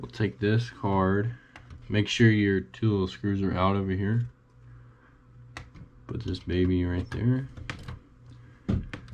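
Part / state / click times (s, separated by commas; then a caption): graphics card into motherboard PCIe slot / not seated / none. Someone talks while handling an RTX 3070 Ti Founders Edition graphics card, fitted with 1.5 mm thermal pads, after two small screws are removed, and lowers it toward the motherboard's PCIe x16 slot. In the quieter stretch that follows, a few brief, sharp handling taps and knocks are heard. The clip ends before the card goes home, so nothing has seated or clicked yet.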